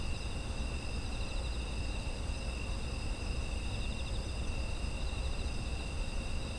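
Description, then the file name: Continuous high insect trills forming several even bands, faintly pulsing, with a steady low drone beneath. Autumn insect ambience. "秋の虫の環境音"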